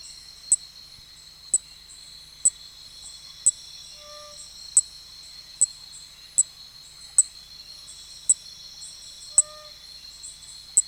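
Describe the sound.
Nesobia mjobergi call: crisp high clicks repeated about once a second against a constant high-pitched insect hum, plus a few faint short lower tones.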